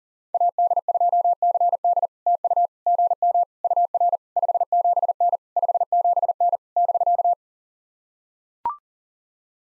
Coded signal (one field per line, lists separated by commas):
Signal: Morse code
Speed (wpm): 38 wpm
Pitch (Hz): 690 Hz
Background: none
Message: AD2CD TU GM UR 57N 57N <BK>